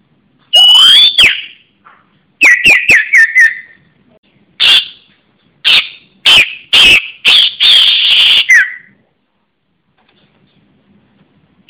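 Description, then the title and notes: Bird calling in loud bursts: a rising whistle, then a run of dipping notes with sharp clicks, then harsh buzzy notes, in a quiet background. "Kicau Burung Lengkap"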